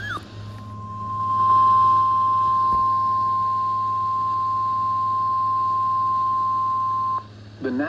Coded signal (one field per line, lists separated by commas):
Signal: Emergency Alert System (SAME) tones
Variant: 1050 Hz attention tone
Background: speech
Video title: EAS Alerts from April 29 to May 3, 2025 [EAS #1,946-1,968]